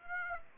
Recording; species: mosquito wingbeat signal from an infrared sensor; Aedes aegypti